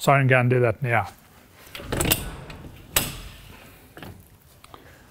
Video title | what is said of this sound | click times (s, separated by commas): How to Open and Close the Hills Double Folding Frame Clothesline | on the front spreader bar lift it above the horizontal until you hit the clicks and lower it down slowly | 3.0 s